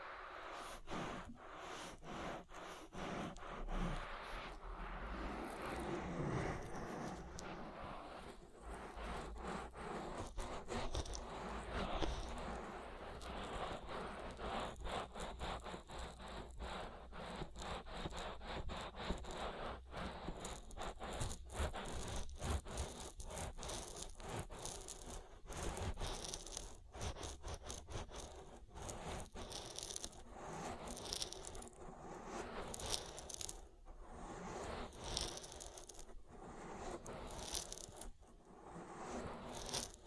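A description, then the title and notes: Dense crackling and rubbing of oiled hands around the ear, with constant clicky rustles, squelches and a low steady rumble underneath. ASMR Oil Ear Massage for Deep Relaxation (No Talking).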